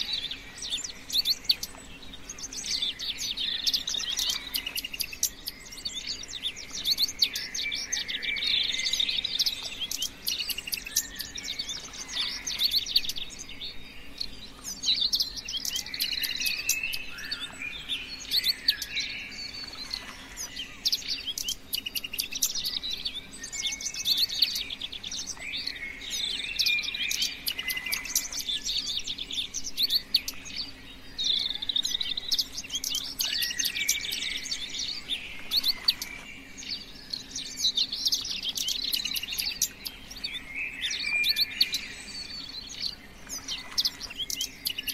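Many birds chirp and twitter at once, a dense, busy chorus of bright, quick calls that never lets up across the whole stretch. The chattering swells and eases in waves every few seconds, over a faint, steady low hum underneath.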